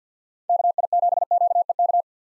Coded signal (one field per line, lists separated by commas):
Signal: Morse code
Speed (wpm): 50 wpm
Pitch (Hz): 700 Hz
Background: none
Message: KI7QEK